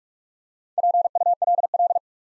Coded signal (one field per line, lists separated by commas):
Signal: Morse code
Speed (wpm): 46 wpm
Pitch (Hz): 700 Hz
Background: none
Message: PULL